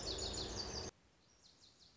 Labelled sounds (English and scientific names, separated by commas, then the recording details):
Lazuli Bunting (Passerina amoena)
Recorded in Sonoma County, California